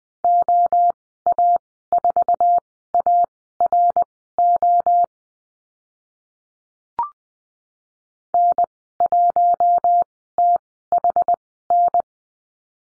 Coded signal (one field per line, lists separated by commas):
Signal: Morse code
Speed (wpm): 20 wpm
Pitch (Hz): 700 Hz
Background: none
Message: OA4ARO N1THN